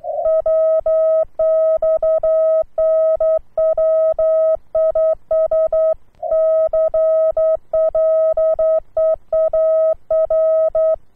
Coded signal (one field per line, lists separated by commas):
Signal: Morse code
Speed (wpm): 11 wpm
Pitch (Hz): 640 Hz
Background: none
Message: WX NW IS CLEAR